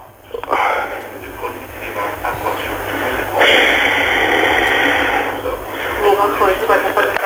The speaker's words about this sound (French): Putain, il a fait peur à la fin. Le grognement là, j'ai l'impression que c'était un ours.